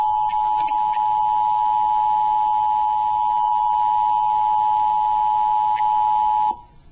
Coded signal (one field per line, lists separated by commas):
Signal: Emergency Alert System (SAME) tones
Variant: 853 and 960 Hz attention tone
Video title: eas alerts pioneered pioneer